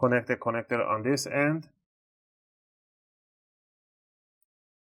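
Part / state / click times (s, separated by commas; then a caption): display flex cable connector into phone board socket / not seated / none. Someone talks for about the first 1.7 seconds while handling the display flex cable connector of a Samsung Galaxy A13 4G (SM-A135F/M), bringing it to its socket on the phone board during a screen replacement. The rest of the clip is silent, and the connector has not snapped in or seated yet.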